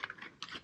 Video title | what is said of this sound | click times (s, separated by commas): 2.0 DIY Solar Panel System-One Person Can Do it-Solar Wholesale-SnapNrack | snaps right in and the bolt is the center of the | 0.4 s